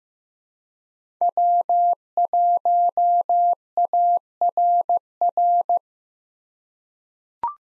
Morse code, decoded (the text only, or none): W1ARR